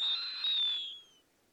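Snowy owl giving a short, high, raspy whistled scream that tails off quickly.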